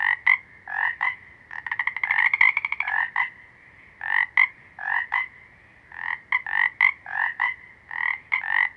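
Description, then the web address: Frogs giving paired croaks and a rapid pulsed trill, calls coming in bursts. Several small green frogs. "Natures Songs Nature Sounds Sounds of Nature Collection Small Green Froggies"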